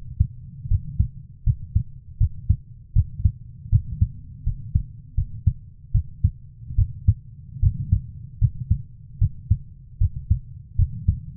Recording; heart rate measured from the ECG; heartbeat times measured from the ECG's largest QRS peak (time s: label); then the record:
heart sounds by stethoscope; 77 bpm
0.68 s: heartbeat
1.44 s: heartbeat
2.18 s: heartbeat
2.93 s: heartbeat
3.70 s: heartbeat
4.44 s: heartbeat
5.15 s: heartbeat
5.92 s: heartbeat
6.76 s: heartbeat
7.60 s: heartbeat
8.39 s: heartbeat
9.19 s: heartbeat
9.98 s: heartbeat
10.76 s: heartbeat
From the record:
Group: healthy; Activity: rest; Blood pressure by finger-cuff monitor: 121/71 mmHg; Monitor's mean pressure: 90 mmHg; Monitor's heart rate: 76 bpm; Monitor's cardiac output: 6.7 L/min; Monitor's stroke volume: 86 mL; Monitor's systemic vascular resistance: 980 dyn s/cm5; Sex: female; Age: 24 years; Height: 163 cm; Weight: 55.7 kg